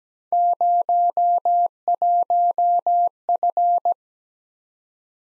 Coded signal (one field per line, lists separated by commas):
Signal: Morse code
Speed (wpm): 17 wpm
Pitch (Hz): 700 Hz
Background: none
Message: 01F